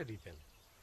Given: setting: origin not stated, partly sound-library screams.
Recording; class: one-second piece from a danger detection set; normal situation